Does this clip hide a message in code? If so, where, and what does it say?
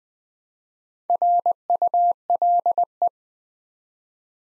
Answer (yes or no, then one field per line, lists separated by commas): yes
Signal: Morse code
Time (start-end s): 1.1-3.1 s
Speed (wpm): 20 wpm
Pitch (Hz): 700 Hz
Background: none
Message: RULE